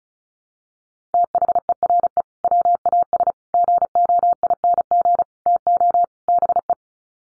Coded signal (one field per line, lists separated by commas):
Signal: Morse code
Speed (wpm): 34 wpm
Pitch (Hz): 700 Hz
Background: none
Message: THERE WAS GOING TO BE